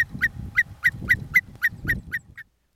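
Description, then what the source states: Whimbrel alarm calls: sharp, piping notes rapidly repeated for about two and a half seconds, over low rumbling noise. Agitated adult on a mound near a larch, signalling an active nesting territory; sedge, fen and tundra.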